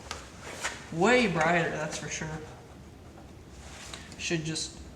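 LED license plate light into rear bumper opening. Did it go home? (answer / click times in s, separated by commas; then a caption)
no / none. An LED license plate light housing for a 2015+ F-150 is handled at its opening in the rear bumper while someone talks, with a few faint, brief taps of handling. Nothing has seated or clicked yet by the end of the clip.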